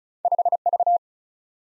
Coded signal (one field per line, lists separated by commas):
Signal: Morse code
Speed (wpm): 36 wpm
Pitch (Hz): 700 Hz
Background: none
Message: 5V